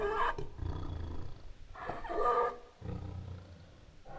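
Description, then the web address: Tiger giving several rough, deep roars in bursts, with quieter low sounds between. Aggressive and protective roars. "Sound Ideas Tigers Sound Effects"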